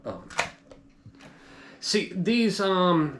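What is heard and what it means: A hand presses the MiniDV cassette compartment door of a Sony Handycam DCR-TRV900 3CCD MiniDV camcorder shut against the camcorder body over several attempts with small clicks. A sharp click at 0.4 s is the door latching closed, since it only latches well when pressed at its marked spot. Afterward someone talks.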